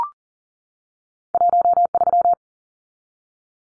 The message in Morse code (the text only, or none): 13